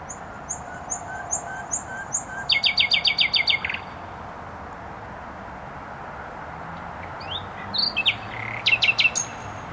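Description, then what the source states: Nightingale opening with soft spaced whistles that swell into a rapid hammering series, falling quiet before ending in a harsh chattering flourish, amid road noise. Singing in bushes close to a noisy motorway, Trasa Toruńska, Bródno-Podgrodzie, Warsaw, Poland; recorded with an Olympus LS-11.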